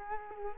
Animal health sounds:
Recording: mosquito wingbeat signal from an infrared sensor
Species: Culex quinquefasciatus

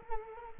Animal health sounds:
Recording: mosquito wingbeat signal from an infrared sensor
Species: Culex quinquefasciatus

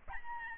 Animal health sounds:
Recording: mosquito wingbeat signal from an infrared sensor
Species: Aedes albopictus

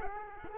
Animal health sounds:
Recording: mosquito wingbeat signal from an infrared sensor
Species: Culex quinquefasciatus

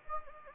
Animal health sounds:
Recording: mosquito wingbeat signal from an infrared sensor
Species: Anopheles gambiae

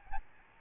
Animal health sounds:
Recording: mosquito wingbeat signal from an infrared sensor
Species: Aedes albopictus

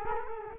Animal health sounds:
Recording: mosquito wingbeat signal from an infrared sensor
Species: Culex quinquefasciatus

